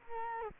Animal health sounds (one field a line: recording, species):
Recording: mosquito wingbeat signal from an infrared sensor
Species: Culex quinquefasciatus